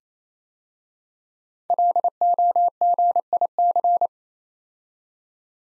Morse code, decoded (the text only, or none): LOGIC